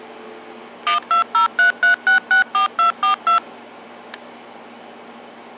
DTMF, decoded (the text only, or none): 12033664242